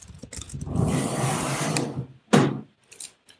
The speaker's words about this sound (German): Wer tippt denn da die ganze Zeit?